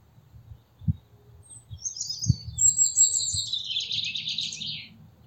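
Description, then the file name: European robin song: one long, tinkling, slightly descending warbled phrase, with a few low thumps, mostly before it. "Erithacus rubecula"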